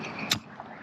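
A J1772-to-Tesla plastic adapter is pushed onto a public charger's J1772 handle, for charging a Tesla Model Y, and snaps into place with a sharp click at 0.3 s. A fainter tick follows at 0.6 s over a steady background hum. The adapter is seated on the charger handle.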